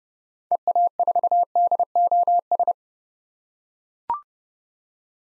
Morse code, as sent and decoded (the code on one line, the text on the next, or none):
. .- ....- -.. --- ...
EA4DOS